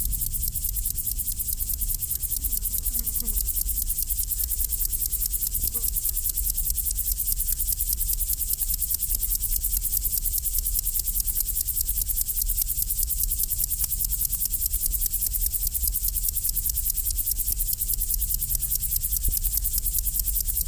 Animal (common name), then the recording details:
Upland Field Grasshopper. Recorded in the wild. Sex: male. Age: imago. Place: Lübars, Berlin, DE. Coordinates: 52.6167, 13.35. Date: 1998-09-20 12:21. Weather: heiter, 20°C. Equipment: Marantz CP 430, Sennheiser ME 80, Kopie Uher 4000 Report Monitor. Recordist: Tembrock, Günter